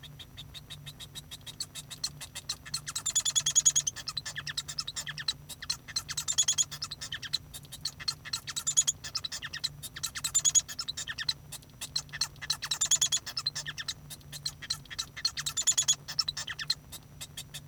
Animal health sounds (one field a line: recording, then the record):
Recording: song of a male Bengalese finch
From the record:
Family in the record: son of father 1